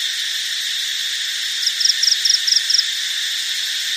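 Cricket chirping: one bout of about six quick, pulsed high chirps in steady succession, then stopping, over a constant high hiss.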